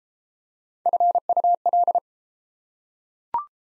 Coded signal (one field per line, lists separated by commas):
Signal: Morse code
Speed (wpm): 32 wpm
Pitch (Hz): 700 Hz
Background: none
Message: FUL